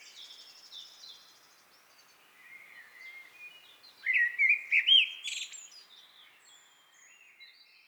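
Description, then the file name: Eurasian blackbird song: a soft, faint warble early on, then a louder fluted phrase ending in high squeaky twittering near the end. "Turdus merula"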